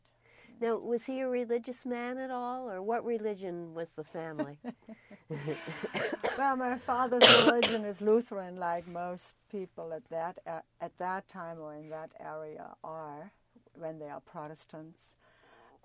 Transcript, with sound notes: Now was he a religious man at all or what religion was the family? (both laugh and coughs)
Well my father's religion is Lutheran like most people at that - at that time or in that area are - when they are Protestants.